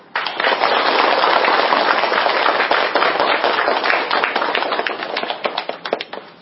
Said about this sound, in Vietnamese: Xin quý vị Phật tử cho một tràng pháo tay thật lớn để đón chào đại đức.